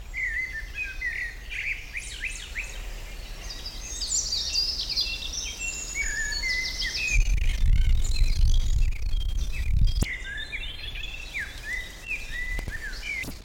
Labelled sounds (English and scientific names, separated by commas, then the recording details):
Common Blackbird (Turdus merula)
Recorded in the wild
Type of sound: song, call, call sequence, twittering
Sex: male
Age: adult
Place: Kremmen, Brandenburg, DE
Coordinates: 52.76, 13.03
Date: 1995-06-03 14:38
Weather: heiter, 18°C
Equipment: Marantz CP 430, Sennheiser ME 80, Kopie Uher 4000 Report Monitor
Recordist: Tembrock, Günter
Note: Am See: Gesang